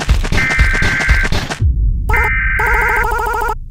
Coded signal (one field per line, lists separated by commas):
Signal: Emergency Alert System (SAME) tones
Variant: header bursts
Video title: EAS Scenario #1 | Gachatubers Invasion Part(e) 1 (leer description)